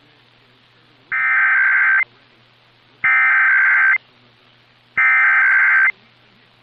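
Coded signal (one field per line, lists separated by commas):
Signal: Emergency Alert System (SAME) tones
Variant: header bursts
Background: speech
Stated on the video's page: Monthly EAS test on an AM broadcast station at 820 kHz, the designated emergency alert station for the area, recorded on a Retekess V115 radio.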